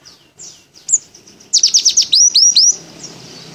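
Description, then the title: White-eye singing: thin high chirps, then a quick burst of sharp downslurred notes and three clear upswept whistles. Pleci dakun type from Merapi, singing open-beaked with continuous canary-like phrases. "Pleci Dakun Merapi Buka Paruh sambung Kenarian"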